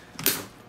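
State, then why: Seated. A clip or snap closure on a NorthFace Access 22L backpack (2018) is pressed shut. A faint tick at about 0.2 s leads into a sharp, bright click-pop at 0.3 s that fades quickly. The closure snaps fully shut.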